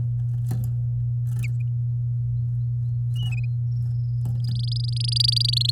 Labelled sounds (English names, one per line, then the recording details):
Domestic Canary song
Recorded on 8 May 2018 at 07:46
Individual llb16